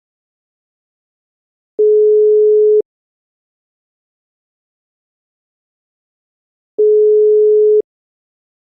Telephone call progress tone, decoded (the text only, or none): ringback tone